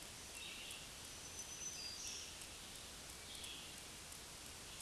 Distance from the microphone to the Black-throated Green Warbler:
about 35 m